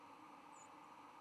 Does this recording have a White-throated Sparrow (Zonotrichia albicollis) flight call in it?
yes